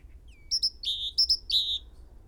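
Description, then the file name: Great tit calls: a thin falling whistle, then two phrases each of two bright high notes dropping to a longer lower buzzy note. "Parus major"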